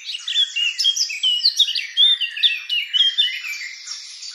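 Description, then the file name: Eurasian blackcap song with bright, fluty whistled phrases tumbling quickly one after another, mixed with short scratchy notes, loud and steady. "Sylvia atricapilla"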